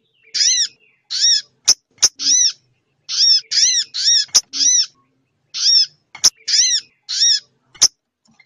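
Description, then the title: Little spiderhunter giving a series of bright, arched notes with short pauses, punctuated by sharp clicks. Labaik song style; used as a master track for training cage birds. "Masteran Burung Sogok Ontong Labaik"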